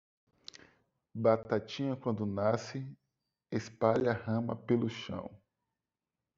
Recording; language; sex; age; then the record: short text; Brazilian Portuguese; male; 30 to 39 years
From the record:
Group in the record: control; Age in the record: 38 years